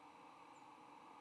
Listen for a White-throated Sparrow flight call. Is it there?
yes